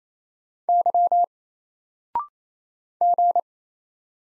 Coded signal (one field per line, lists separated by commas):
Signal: Morse code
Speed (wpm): 28 wpm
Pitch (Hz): 700 Hz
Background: none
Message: Y G